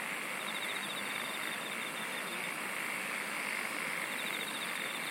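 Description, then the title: Singing insects, a bright continuous buzzing wash with short pulsed trills at the start and close, no other clear sounds. "SINGING OF INSECTS"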